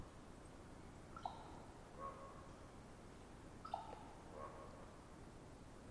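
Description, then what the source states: Raven making two crisp wooden pops about two and a half seconds apart, each followed by a short, soft, mellow note, over faint background hiss. Popping calls exchanged back and forth as a conversation between ravens.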